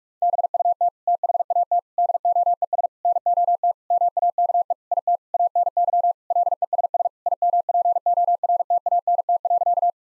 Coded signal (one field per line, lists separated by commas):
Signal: Morse code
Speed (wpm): 46 wpm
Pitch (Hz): 700 Hz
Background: none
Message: BUT THAT DOES NOT MAKE IT ANY LESS IMPORTANT.